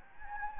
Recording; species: mosquito wingbeat signal from an infrared sensor; Anopheles gambiae